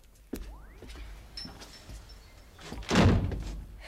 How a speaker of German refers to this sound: Mach doch mal die Tür wieder zu, ja?